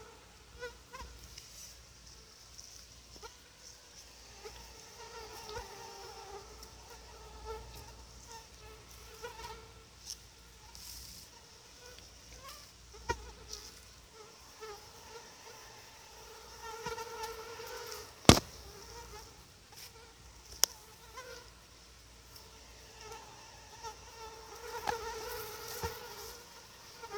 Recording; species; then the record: mosquito flight sound by mobile phone; Anopheles quadriannulatus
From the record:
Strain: SANQUA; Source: CDC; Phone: Sony Xperia